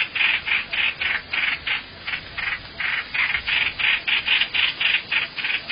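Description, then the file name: Hoành hoạch bird delivering raspy, buzzy notes in a near-continuous string, about three or four a second, with one brief break midway. "tieng chim hoanh hoach"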